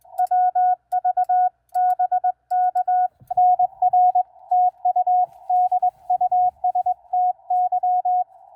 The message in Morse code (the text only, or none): WV BK NR TU DUSTY